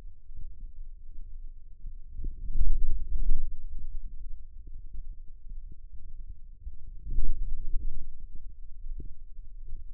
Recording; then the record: forearm muscle sounds (acoustic myography)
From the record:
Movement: outward rotation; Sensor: system 2, bracelet of six BSWA MPA416 microphones around the upper forearm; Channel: 6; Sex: male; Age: 22 years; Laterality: right